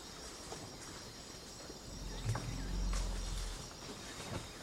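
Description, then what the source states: African elephant fart: one deep, rumbling blast lasting about a second and a half, swelling and then fading, over faint insect hiss and scattered clicks. An elephant breaking wind in the African savanna.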